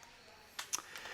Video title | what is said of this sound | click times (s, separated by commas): Kreg Jig - Let's use it properly! | turn it so that it's horizontal, and then snap it back into place. And you can hear the snap to know that it's actually in place. | 0.6 s